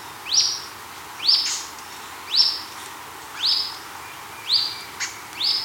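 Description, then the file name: Bird repeating a rising, swept call roughly every second, each note ending in a bright high tip, over faint background hiss. "SABIOD 50 bird 2015"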